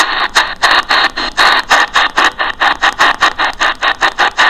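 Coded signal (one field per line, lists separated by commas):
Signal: HF data modem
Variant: Saab Grintek MHF-50 MFSK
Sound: rapid rhythmic bursts of hissy, warbling data noise, roughly four per second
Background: radio static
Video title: 4346 kHz South Africa Navy - Saab Grintek MHF-50 MFSK Modem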